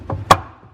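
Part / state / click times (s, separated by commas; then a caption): spray arm tower into dishwasher lower spray arm mount / seated / 0.3 s. A new dishwasher spray arm tower is pushed down into the plastic mount of the lower spray arm until its tab grabs it. A softer knock at 0.1 s is followed by a sharp, bright snap at 0.3 s as the tower seats in place.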